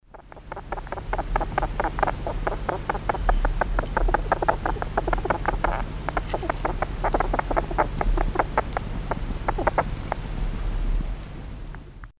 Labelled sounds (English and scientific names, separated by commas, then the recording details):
European Mole (Talpa europaea)
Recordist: Tembrock, Günter
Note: Laute beim Eingraben